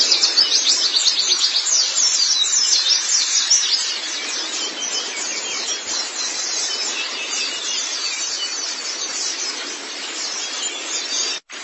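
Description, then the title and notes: White-eye song: rapid, shrill, high chatter, loudest during the first few seconds, then a softer steady twitter until a brief cut near the end. Chirping song. "Kicauan Burung Pleci Durasi Panjang. Suara kicauan burung pleci"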